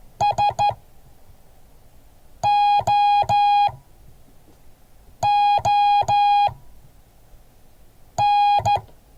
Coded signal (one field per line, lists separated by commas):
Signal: Morse code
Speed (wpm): 14 wpm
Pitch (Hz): 820 Hz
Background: none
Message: SOON